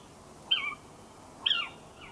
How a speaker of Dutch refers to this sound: woont in het noordelijkste puntje van Zwolle, in een prachtig landelijk gebied, en heeft nogal actieve steenuilen bij zijn huis, die hij voor ons opnam.